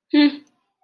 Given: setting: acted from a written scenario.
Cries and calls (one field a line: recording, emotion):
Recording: vocal sound without words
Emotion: contempt